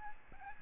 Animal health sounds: mosquito wingbeat signal from an infrared sensor; Aedes albopictus

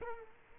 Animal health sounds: mosquito wingbeat signal from an infrared sensor; Culex quinquefasciatus

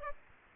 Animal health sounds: mosquito wingbeat signal from an infrared sensor; Aedes aegypti

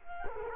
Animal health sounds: mosquito wingbeat signal from an infrared sensor; Culex quinquefasciatus

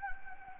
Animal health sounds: mosquito wingbeat signal from an infrared sensor; Anopheles gambiae

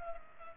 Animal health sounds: mosquito wingbeat signal from an infrared sensor; Culex pipiens

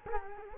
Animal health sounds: mosquito wingbeat signal from an infrared sensor; Culex quinquefasciatus

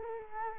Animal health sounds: mosquito wingbeat signal from an infrared sensor; Culex quinquefasciatus

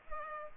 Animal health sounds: mosquito wingbeat signal from an infrared sensor; Culex pipiens

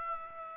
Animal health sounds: mosquito wingbeat signal from an infrared sensor; Aedes aegypti

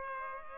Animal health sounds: mosquito wingbeat signal from an infrared sensor; Culex pipiens

